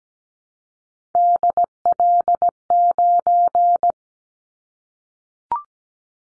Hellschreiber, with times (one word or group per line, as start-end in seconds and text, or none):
none